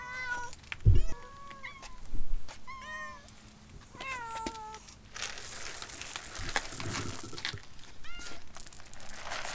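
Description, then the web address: Domestic cat giving several quick wavering meows early on, then rustling and crinkling of packaging fills the second half. Cat at feeding time; 3 December 2009. "donna Cat Feeding"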